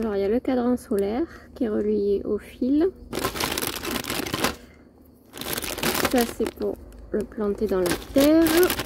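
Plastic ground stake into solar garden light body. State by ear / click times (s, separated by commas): not seated / none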